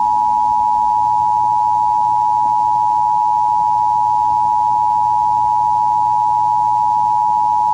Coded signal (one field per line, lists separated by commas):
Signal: Emergency Alert System (SAME) tones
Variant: 853 and 960 Hz attention tone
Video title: [EAS] America's Last Month